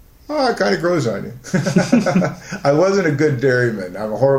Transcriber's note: laughter